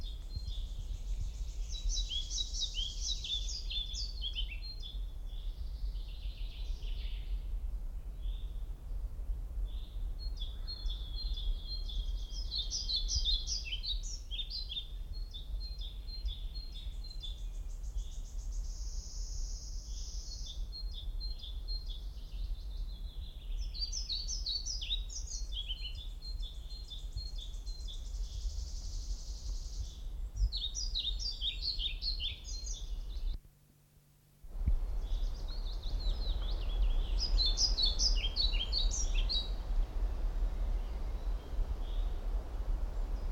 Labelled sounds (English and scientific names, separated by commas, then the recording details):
European Pied Flycatcher (Ficedula hypoleuca)
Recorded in the wild
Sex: male
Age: adult
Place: Mühlenbecker Wald, Brandenburg, DE
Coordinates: 52.689, 13.356
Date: 1993-05-08 13:15
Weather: sonnig, ca. 23 °C
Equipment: Marantz CP 430, Sennheiser ME 80, Kopie Uher Variocord 263
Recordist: Tembrock, Günter